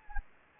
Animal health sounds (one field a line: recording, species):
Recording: mosquito wingbeat signal from an infrared sensor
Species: Anopheles gambiae